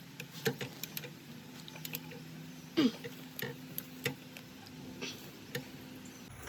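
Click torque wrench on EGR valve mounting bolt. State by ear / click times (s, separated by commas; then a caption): not seated / none. A click-type torque wrench is worked one-handed on an EGR valve mounting bolt of a 4G Eclipse GS, aiming for 18 ft-lb. Scattered sharp ticks and knocks, including sudden ones near 0.5, 3.8 and 4.1 seconds, sound over a steady low hum. The wrench has not clicked yet because it can't be pulled to 18 ft-lb with one hand.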